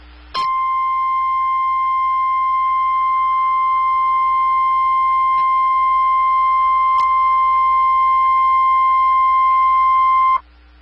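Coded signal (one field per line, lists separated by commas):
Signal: Emergency Alert System (SAME) tones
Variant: 1050 Hz attention tone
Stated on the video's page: Special marine warning on a NOAA Weather Radio station broadcasting on 162.400 MHz, recorded from an online stream.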